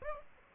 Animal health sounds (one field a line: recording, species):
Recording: mosquito wingbeat signal from an infrared sensor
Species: Aedes aegypti